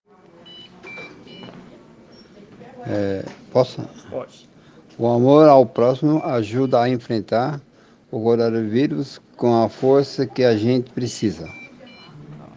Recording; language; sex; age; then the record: spoken sentence; Brazilian Portuguese; male; 50 to 59 years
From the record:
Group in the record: respiratory insufficiency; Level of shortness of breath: 5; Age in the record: 55 years